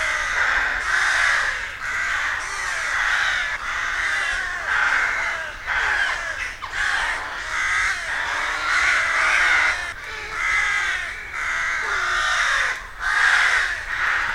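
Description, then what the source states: Rooks cawing in a dense, overlapping chorus of harsh, grating calls, with many birds calling at once and brief lulls between bursts. Rook colony, a rookery in a wood.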